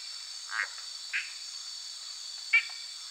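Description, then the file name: Dent's treefrog calls: three short, rasping notes at uneven intervals over a steady high-pitched hiss. "Boana dentei CM PG"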